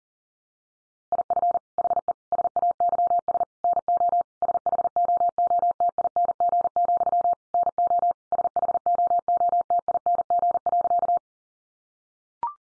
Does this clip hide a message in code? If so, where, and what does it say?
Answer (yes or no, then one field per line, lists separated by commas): yes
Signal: Morse code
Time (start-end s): 1.1-11.2 s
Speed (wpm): 40 wpm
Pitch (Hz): 700 Hz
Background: none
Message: IF HE SAYS NO SHOOTING, NO SHOOTING.